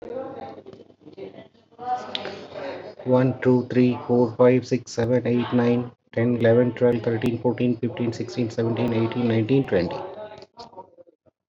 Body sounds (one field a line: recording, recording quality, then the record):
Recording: counting at a fast pace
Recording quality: moderate, slight background noise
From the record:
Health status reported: COVID-19 positive, mild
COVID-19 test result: positive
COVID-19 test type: RT-PCR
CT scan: not taken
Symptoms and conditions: cough, diabetes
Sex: male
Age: 60 years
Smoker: no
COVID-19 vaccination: both doses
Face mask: not worn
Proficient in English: yes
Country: India